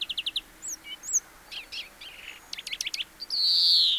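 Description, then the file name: European greenfinch giving fast trilled twitters and sharp chirps, ending in a drawn-out, descending nasal wheeze. "Chloris chloris"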